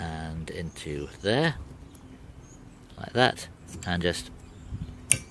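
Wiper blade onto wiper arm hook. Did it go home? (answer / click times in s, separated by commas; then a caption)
yes / 5.1 s. A standard wiper blade is hooked onto the wiper arm and pushed back up until its plastic clip clicks home at 5.1 s, seating the blade on the arm hook. Someone talks through most of the clip before the sharp click.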